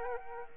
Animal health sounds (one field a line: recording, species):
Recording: mosquito wingbeat signal from an infrared sensor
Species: Aedes aegypti